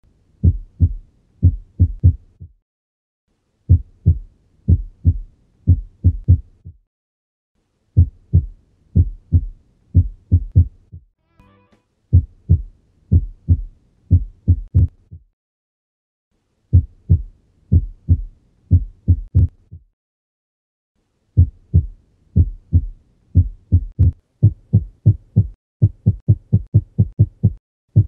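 Low heart thumps in uneven runs broken by pauses, quickening near the end: an irregular cardiac rhythm, a cardiac arrhythmia in an adult heart.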